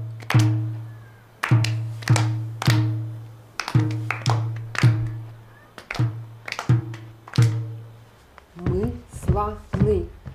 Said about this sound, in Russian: Ребята хлопают в ладоши и топают ногами.